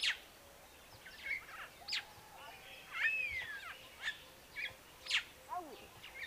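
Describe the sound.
Neumann's starling calls: a run of short chirps and clicks with one arched whistle in the middle, over a constant hissing background.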